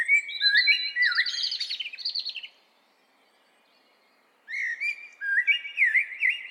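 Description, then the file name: Eurasian blackbird song in two rich, flowing warbled phrases mixing fluted and slurred notes, separated by roughly two seconds of silence. "Turdus merula"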